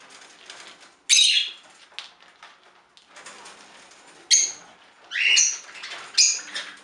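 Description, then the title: Budgerigar chirps, a few sharp squeaky notes scattered throughout, with faint chatter between. "Budgie Sounds"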